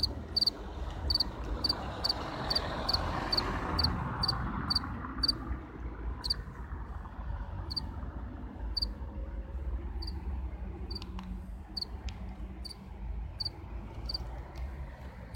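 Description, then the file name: House cricket chirping, short high chirps repeated rapidly for about the first five seconds, then slowing to about one a second, over a low rumbling background noise. "Acheta domesticus Radzikowski Pawel"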